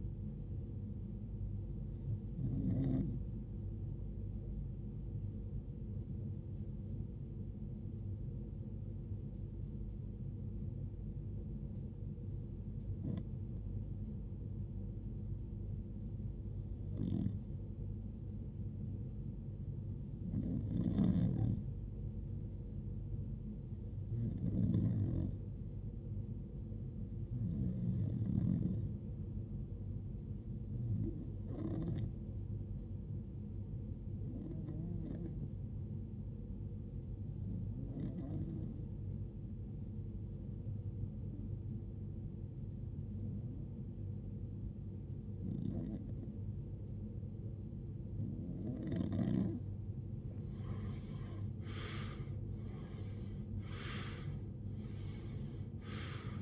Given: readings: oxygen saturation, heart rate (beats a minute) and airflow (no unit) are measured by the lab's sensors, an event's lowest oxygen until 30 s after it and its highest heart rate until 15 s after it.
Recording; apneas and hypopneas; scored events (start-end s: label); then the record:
breathing in sleep by a smartphone at the bedside; 1
20.00-48.90 s: hypopnea (REM, oxygen 94% highest, then 89% lowest, heart rate 63 at the start, 78 highest)
From the record:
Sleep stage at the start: REM sleep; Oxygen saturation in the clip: 88 to 94%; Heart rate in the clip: 53 to 77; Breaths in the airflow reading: 18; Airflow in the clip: -21.8 to 19.4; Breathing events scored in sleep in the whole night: 389 in 6.3 hours asleep